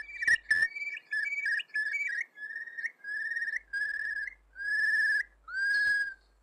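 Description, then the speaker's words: Eurasian curlew calling: a run of rising whistled phrases that lengthen into slow, drawn-out plaintive whistles. The call gave the bird its name, rendered as Corlee or Curlee. "remarkable sound is actually what gave the bird its name. It was variously described as Corlee or Curlee, and eventually evolved in speech to become Curlew."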